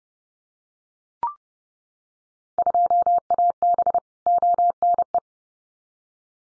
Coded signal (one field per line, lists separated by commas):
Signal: Morse code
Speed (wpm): 30 wpm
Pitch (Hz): 700 Hz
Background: none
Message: 2AB ONE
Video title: Field Day Exchange Encore 30wpm